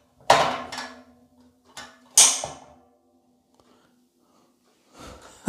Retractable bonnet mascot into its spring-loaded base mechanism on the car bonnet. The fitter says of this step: and it'll click into